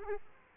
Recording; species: mosquito wingbeat signal from an infrared sensor; Aedes aegypti